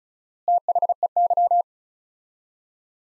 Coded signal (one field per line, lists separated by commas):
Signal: Morse code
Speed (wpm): 36 wpm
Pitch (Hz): 700 Hz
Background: none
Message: THEY